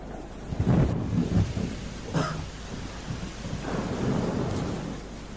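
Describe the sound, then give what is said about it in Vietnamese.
Steady rain hisses under gusty wind, with deep rumbles of thunder rolling through and a couple of sharper cracks breaking the storm's constant wash. “nhìn theo bóng dáng người đàn ông chạy vội dưới mưa gió,”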